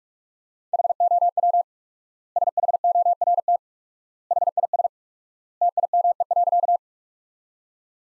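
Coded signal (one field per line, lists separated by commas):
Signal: Morse code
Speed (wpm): 46 wpm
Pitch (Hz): 700 Hz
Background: none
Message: HOW SHORT HIS TIME.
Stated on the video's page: Computer-generated Morse sentence-copying practice from the top 400 words at 45 wpm with 4x standard word spacing, a word-based Farnsworth-like method.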